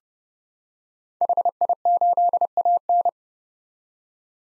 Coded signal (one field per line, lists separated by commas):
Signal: Morse code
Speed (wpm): 32 wpm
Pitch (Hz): 700 Hz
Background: none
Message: HI8AN